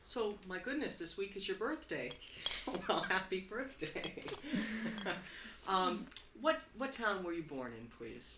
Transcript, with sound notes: So, my goodness, this week is your birthday. Well, happy birthday. ( they laugh ) What town were you born in, please.